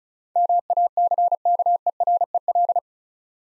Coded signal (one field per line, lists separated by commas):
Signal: Morse code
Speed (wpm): 36 wpm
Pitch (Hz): 700 Hz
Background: none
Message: MACKEREL